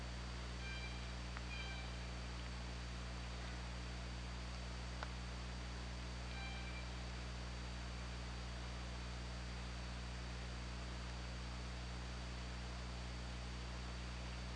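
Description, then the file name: Killer whale calls: a few short, stacked harmonic squeals near the start and again around six seconds, set against a steady underwater hiss and low hum. Hydrophone recording from OrcaLab, 24 August 2017, 23:06. "Orca Lab 20170824 230616"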